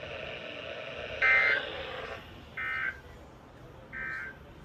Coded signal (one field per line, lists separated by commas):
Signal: Emergency Alert System (SAME) tones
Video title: Just a few alerts (EAS 299-325)